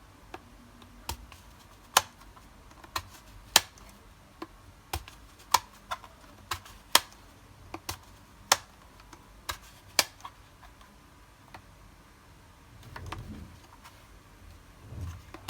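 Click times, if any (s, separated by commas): 2.0 s, 3.6 s, 5.6 s, 6.9 s, 8.5 s, 10.0 s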